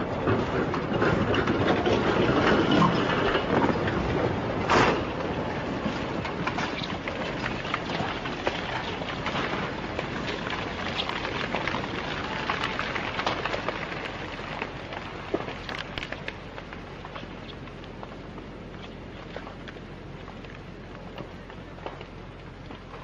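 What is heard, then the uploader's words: A landslide roars and rumbles as a dense mass of crashing, tumbling debris, loudest in the first few seconds with a sharp crack near the five-second mark. The din thins gradually over the rest of the clip into a scattered patter of falling material, with occasional snaps. Massive landslide occurred in Nara Prefecture, Japan.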